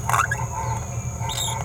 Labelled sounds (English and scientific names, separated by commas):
Green-rumped Parrotlet (Forpus passerinus) babbling